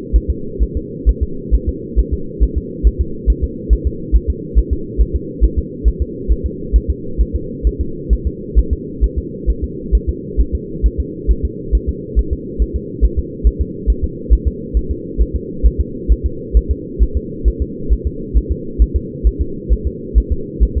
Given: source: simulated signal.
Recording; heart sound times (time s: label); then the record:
fetal heart sounds
0.16 s: S1
0.30 s: S2
0.63 s: S1
0.77 s: S2
1.09 s: S1
1.23 s: S2
1.54 s: S1
1.69 s: S2
1.99 s: S1
2.14 s: S2
2.43 s: S1
2.58 s: S2
2.87 s: S1
3.01 s: S2
3.30 s: S1
3.44 s: S2
3.73 s: S1
3.87 s: S2
4.16 s: S1
4.30 s: S2
4.58 s: S1
4.73 s: S2
5.01 s: S1
5.16 s: S2
5.44 s: S1
5.59 s: S2
5.88 s: S1
6.02 s: S2
6.31 s: S1
6.46 s: S2
6.76 s: S1
6.90 s: S2
7.21 s: S1
7.35 s: S2
7.67 s: S1
7.81 s: S2
8.13 s: S1
8.27 s: S2
8.59 s: S1
8.73 s: S2
9.04 s: S1
9.19 s: S2
9.50 s: S1
9.64 s: S2
9.95 s: S1
10.09 s: S2
10.41 s: S1
10.55 s: S2
10.86 s: S1
11.00 s: S2
11.31 s: S1
11.45 s: S2
11.75 s: S1
11.89 s: S2
12.19 s: S1
12.33 s: S2
12.62 s: S1
12.76 s: S2
13.04 s: S1
13.19 s: S2
13.47 s: S1
13.61 s: S2
13.90 s: S1
14.04 s: S2
14.33 s: S1
14.47 s: S2
14.77 s: S1
14.91 s: S2
15.21 s: S1
15.36 s: S2
15.66 s: S1
15.81 s: S2
16.12 s: S1
16.26 s: S2
16.57 s: S1
16.71 s: S2
17.02 s: S1
17.17 s: S2
17.48 s: S1
17.62 s: S2
17.93 s: S1
18.07 s: S2
18.37 s: S1
18.52 s: S2
18.82 s: S1
18.96 s: S2
19.27 s: S1
19.41 s: S2
19.73 s: S1
19.87 s: S2
20.18 s: S1
20.32 s: S2
20.63 s: S1
20.77 s: S2
From the record:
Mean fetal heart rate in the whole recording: 135 bpm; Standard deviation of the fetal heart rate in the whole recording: 3 bpm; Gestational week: 34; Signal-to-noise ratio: -4.3 dB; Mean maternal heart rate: 72 bpm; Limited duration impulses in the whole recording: absent